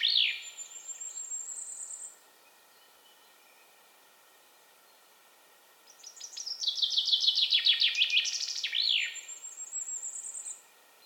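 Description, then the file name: Common chaffinch: the end of one song phrase at the start, then after a pause a complete falling trill with a flourish at the end. "Fringilla coelebs"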